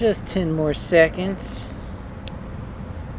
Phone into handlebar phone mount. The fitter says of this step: there we go so you have a phone mount on my bike and it does click in place but it doesn't always do that consistently